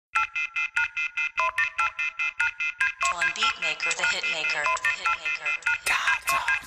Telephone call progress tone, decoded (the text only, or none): off-hook warning tone